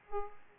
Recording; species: mosquito wingbeat signal from an infrared sensor; Aedes aegypti